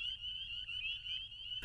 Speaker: can hear now that there's quite a few peepers.